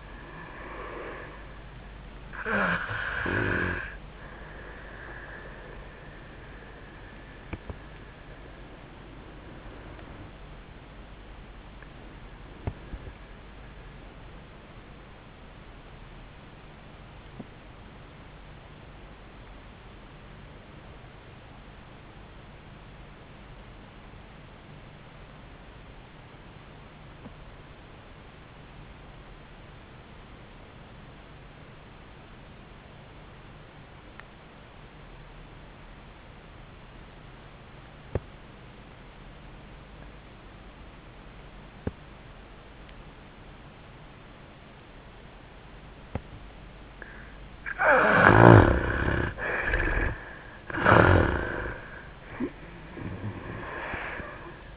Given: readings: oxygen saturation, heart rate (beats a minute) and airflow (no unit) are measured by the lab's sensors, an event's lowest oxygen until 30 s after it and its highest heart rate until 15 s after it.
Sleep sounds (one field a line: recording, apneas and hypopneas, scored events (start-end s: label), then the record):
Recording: breathing in sleep by a voice recorder at the bedside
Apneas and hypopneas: 1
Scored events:
6.00-48.40 s: obstructive apnea (REM, oxygen 95% highest, then 64% lowest, heart rate 73 at the start, 88 highest)
From the record:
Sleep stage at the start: REM sleep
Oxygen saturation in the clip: 67 to 95%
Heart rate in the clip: 62 to 88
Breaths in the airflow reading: 2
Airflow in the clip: -20.8 to 12.2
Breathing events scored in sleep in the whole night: 400 in 8.7 hours asleep